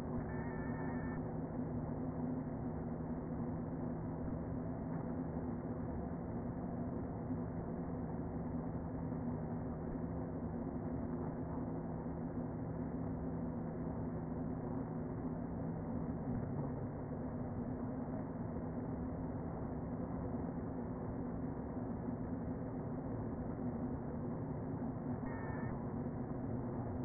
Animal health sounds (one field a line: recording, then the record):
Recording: honeybee colony, microphone inside the hive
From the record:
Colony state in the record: queen present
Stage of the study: before two queens were removed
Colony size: about 60,000 bees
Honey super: yes